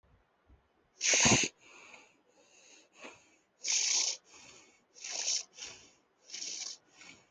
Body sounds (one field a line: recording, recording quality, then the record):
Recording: shallow breathing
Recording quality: excellent, no background noise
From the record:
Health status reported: healthy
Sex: male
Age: 30 years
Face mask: not worn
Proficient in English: yes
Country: India